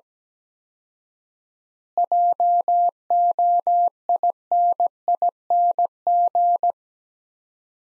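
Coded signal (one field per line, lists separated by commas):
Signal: Morse code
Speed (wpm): 17 wpm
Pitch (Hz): 700 Hz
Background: none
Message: JOINING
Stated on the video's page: Morse practice sending sets of five words at 17 wpm with 4x word spacing, a Farnsworth-like method applied to words.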